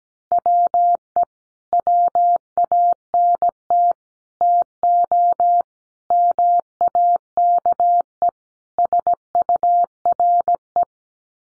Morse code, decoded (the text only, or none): WE WANT TO MAKE SURE